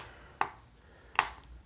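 The last captive screw in the bottom cover of a Lenovo T470 laptop is loosened until it clicks free of its thread. Two sharp clicks ring out at 0.4 s and 1.2 s, followed by a faint tick around 1.4 s. The screw is released.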